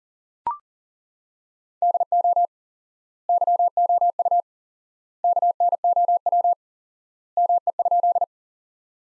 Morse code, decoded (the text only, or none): DO YOU KNOW ME?